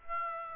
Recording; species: mosquito wingbeat signal from an infrared sensor; Aedes aegypti